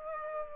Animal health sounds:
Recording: mosquito wingbeat signal from an infrared sensor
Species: Aedes aegypti

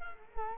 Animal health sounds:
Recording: mosquito wingbeat signal from an infrared sensor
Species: Culex quinquefasciatus

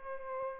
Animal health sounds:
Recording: mosquito wingbeat signal from an infrared sensor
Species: Aedes aegypti

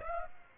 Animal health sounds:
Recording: mosquito wingbeat signal from an infrared sensor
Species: Aedes aegypti

